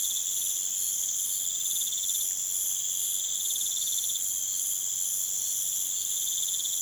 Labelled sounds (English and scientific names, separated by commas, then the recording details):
none
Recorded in pastures near Puerto Asís, Putumayo, Colombia, on 30 June 2025 at 01:00
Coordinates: 0.486, -76.323
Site H29